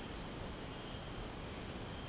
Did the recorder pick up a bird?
no